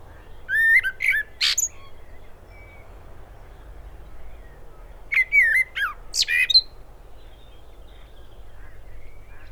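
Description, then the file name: Common blackbird giving two short song phrases about five seconds apart, each a couple of whistled notes ending in a shrill squeaky twitter, low hum between. "Turdus merula"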